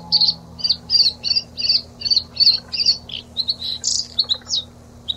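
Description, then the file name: Bluethroat song: a rapid run of about eight repeated high buzzy notes, then a varied sequence of sharp whistled and chirping phrases, with a faint steady hum underneath. Recorded 26 April 1992. "26 04 92 Lsvecica"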